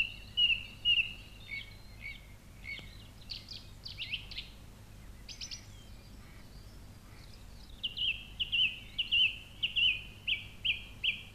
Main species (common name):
Song Thrush